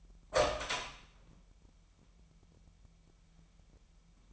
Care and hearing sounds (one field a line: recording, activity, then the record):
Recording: daily activity, microphone in the room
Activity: open door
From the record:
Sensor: 1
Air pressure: 998.5 hPa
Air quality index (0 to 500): 129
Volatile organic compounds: 4 ppm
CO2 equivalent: 1544 ppm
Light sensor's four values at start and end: 19/64/26/26 and 19/64/26/26